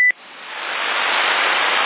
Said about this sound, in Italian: Bip.